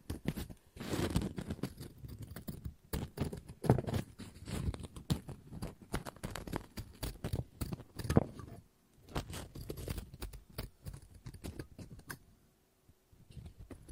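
Scissors snip and cut through paper in quick, irregular bursts of crisp clicks and rustles, with a brief pause near twelve seconds.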